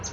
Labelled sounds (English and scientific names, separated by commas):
Palm Warbler (Setophaga palmarum) flight call